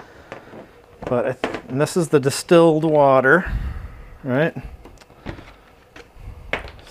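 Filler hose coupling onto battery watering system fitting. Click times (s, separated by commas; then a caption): 0.3 s. A plastic filler hose quick-connect is pushed onto the fitting of a Trojan HydroLink battery watering kit and snaps into place with a sharp click at 0.3 s, seating the coupling. Someone talks afterward, and a few softer knocks follow later in the clip.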